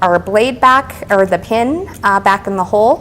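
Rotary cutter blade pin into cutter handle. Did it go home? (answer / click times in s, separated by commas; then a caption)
no / none. Someone talks while handling a rotary cutter, getting ready to reinsert the blade assembly pin into the hole on the cutter handle to convert it to left-handed use. Only speech is heard, with no distinct click or impact. The pin has not yet seated or clicked into the handle.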